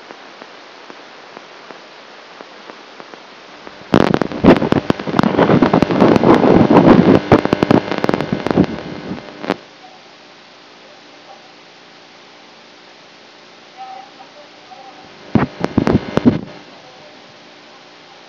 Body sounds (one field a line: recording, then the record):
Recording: brain microelectrode recording played as sound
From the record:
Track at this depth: inside the subthalamic nucleus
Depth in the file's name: 0.061 mm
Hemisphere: right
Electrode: 2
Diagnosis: Parkinson's disease